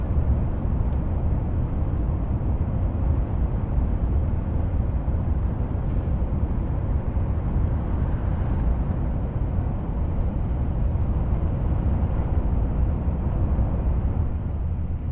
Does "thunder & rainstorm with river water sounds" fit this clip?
no